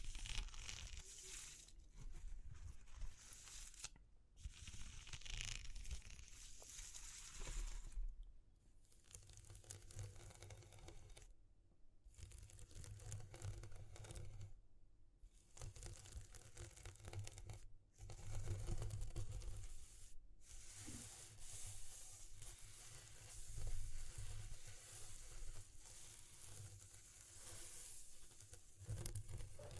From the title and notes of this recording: ASMR Exploring Textures (No Talking).